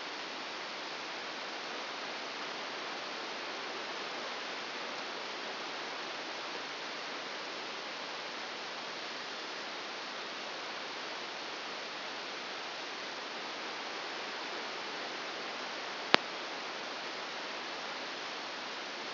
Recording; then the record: brain microelectrode recording played as sound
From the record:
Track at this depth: inside the subthalamic nucleus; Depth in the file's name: 4.208 mm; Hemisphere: right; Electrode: 2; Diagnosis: Parkinson's disease